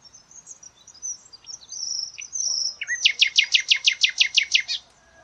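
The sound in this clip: Bird song in which thin, high whistled notes lead into a fast trill of sharp, evenly repeated descending notes.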